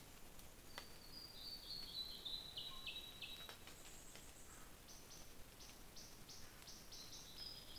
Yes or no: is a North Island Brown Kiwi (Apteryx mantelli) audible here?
no